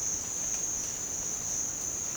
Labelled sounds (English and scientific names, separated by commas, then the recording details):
none
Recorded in dense forest near Puerto Asís, Putumayo, Colombia, on 22 December 2024 at 07:00
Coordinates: 0.466, -76.327
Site G075